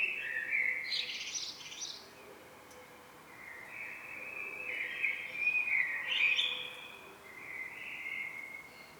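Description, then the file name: Common blackbird singing mellow, warbled phrases with thin, high twitters, with a brief gap between the two main phrases. "Turdus merula"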